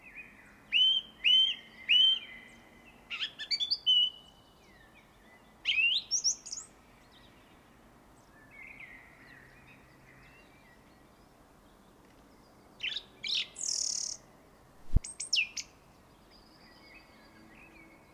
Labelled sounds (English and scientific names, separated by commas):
Song Thrush (Turdus philomelos) song